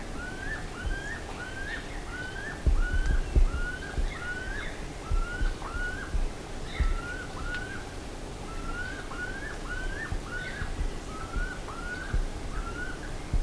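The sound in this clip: Bird calls, a long run of rising then falling whistled notes repeated about every half second over a low background rumble.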